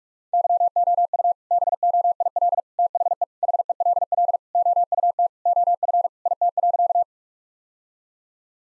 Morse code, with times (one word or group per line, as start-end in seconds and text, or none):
0.3-1.3 YOU
1.5-2.6 BOIL
2.8-3.2 THE
3.4-4.4 HELL
4.5-5.3 OUT
5.5-6.1 OF
6.3-7.0 IT.